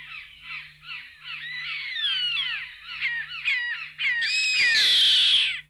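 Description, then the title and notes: Chimango caracara giving quick repeated high notes that slur downward in a steady run, ending in a long, loud, harsh scream. Voice described as a plaintive, shrill scream. "Museo de Ciencias de Bahía Blanca. Chimango (Daptrius chimango)"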